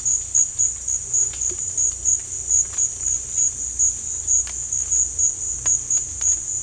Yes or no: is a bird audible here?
no